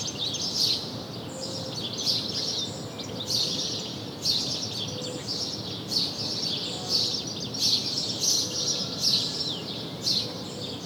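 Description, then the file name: House sparrow chirps, short bright notes repeated steadily throughout. "Passer domesticus"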